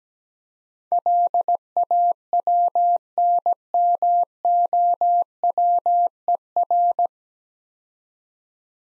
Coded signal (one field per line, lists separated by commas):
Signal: Morse code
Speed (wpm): 18 wpm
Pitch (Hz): 700 Hz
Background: none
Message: LAWNMOWER